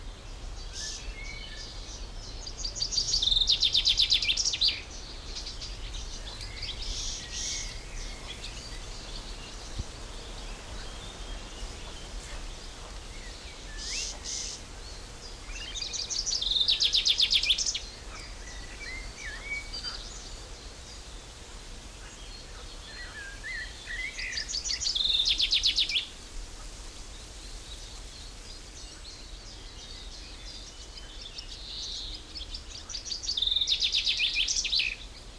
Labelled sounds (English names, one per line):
Common Chaffinch